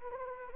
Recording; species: mosquito wingbeat signal from an infrared sensor; Anopheles arabiensis